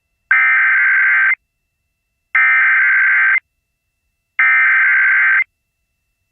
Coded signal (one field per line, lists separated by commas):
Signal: Emergency Alert System (SAME) tones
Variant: header bursts